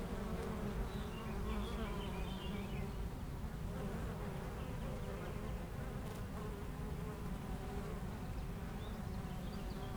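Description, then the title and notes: Many honey bees drone steadily and unbroken, with short bird twitters at the beginning and near the end. Honey bees foraging between two hives of a garden apiary in Aix-les-Bains, France, flying back and forth to flowers; a few birds in the neighbouring wood. "41 Chem. de Memard, 73100 Aix-les-Bains, France - Les abeilles. Entre deux ruches du rucher du jardin vagabond à Aix-les-bains les abeilles sont en pleine collecte et font d'incessants aller retour vers les fleurs, quelques oiseaux dans le bois voisin"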